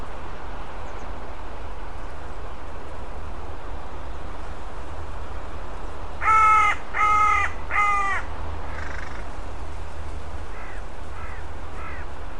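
Bird calls: three loud, harsh, caw-like notes about a second apart, then several fainter, shorter calls, over a steady low rumble.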